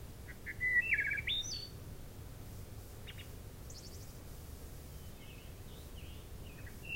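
Wood thrush song: a few fluty, warbled notes near the start, followed later by thin high trills, then quieter phrases over a steady low rumble.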